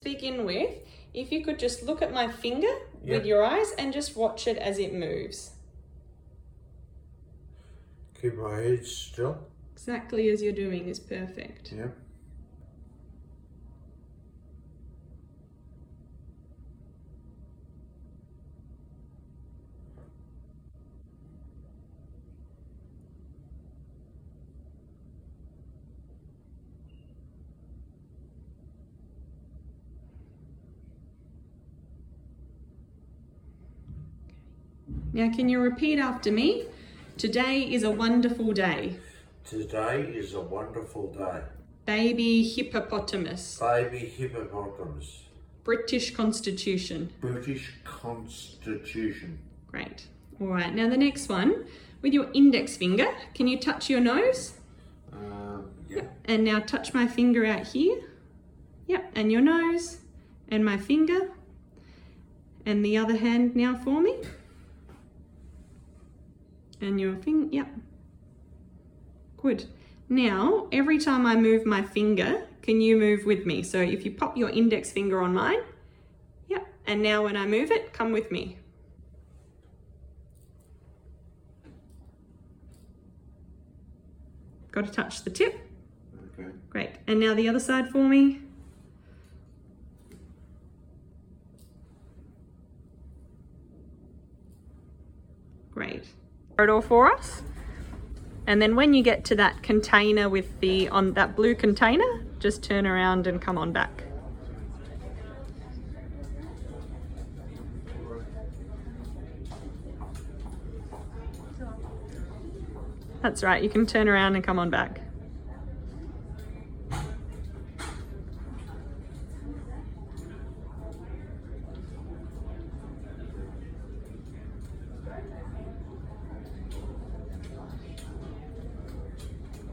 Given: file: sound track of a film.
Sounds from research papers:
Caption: Cranial nerve examination in individual 3 with an FGF14 GAA expansion (321/9 repeats) showing gaze evoked and downbeat nystagmus and cerebellar dysarthria. Upper limb examination reveals bilateral past pointing and impaired finger chase. Gait examination shows a broad‐based ataxic gait requiring a four‐wheel rollator walking frame.

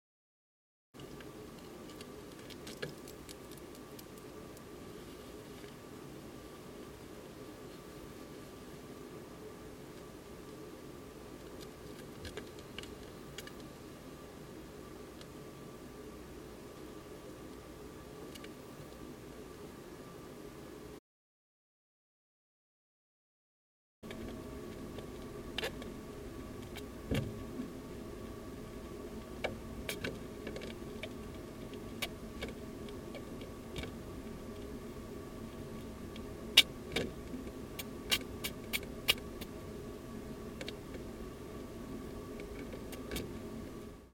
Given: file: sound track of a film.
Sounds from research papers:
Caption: Rat’s coughing 7 days after inoculation of 10^3 CFU of B. bronchiseptica.

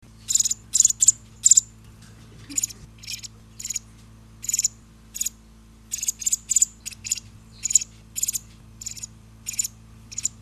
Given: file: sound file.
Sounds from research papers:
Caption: The food begging calls of a male sparrow at PHD26

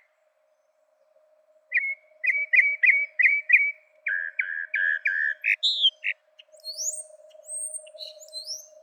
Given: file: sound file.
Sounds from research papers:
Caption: Bird C. Mockingbird song material analyzed in this exploratory analysis is from five individual birds.

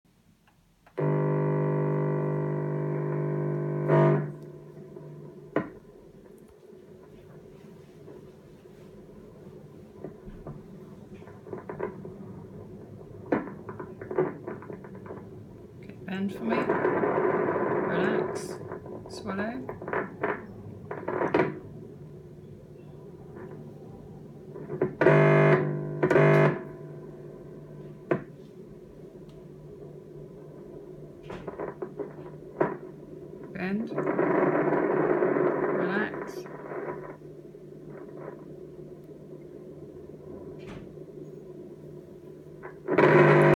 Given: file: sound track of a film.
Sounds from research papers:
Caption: Left Longus Colli muscle injection. Injection of a patient with anterocollis of the left Longus colli muscle under EMG guidance. The cricopharyngeus has a constant tone and there is a brief hiatus representing relaxation when swallow is triggered so by asking the patient to swallow we can listen for this pattern; if there is significant activation the needle is withdrawn and re-inserted lower down.

